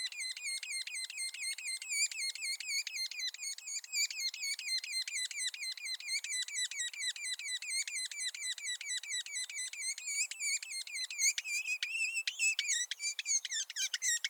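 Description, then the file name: Red-naped sapsucker producing a long, continuous chatter of short nasal notes in rapid succession, becoming more uneven toward the end. "Red-naped Sapsucker - Sphyrapicus nuchalis"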